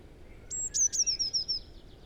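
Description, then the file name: Eurasian blue tit song phrase: a sustained high thin whistle, then a quick, slightly falling trill of sharp notes, heard once. "Cyanistes caeruleus"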